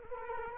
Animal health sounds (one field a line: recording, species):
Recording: mosquito wingbeat signal from an infrared sensor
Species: Culex quinquefasciatus